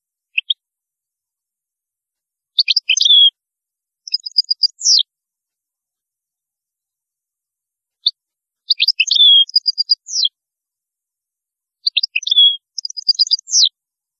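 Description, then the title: European goldfinch song phrases repeated several times with pauses between, each a cluster of twittering chirps ending in descending notes. "Chant Chardonneret"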